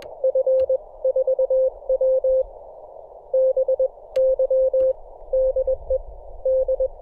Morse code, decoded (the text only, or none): F4WBY DE D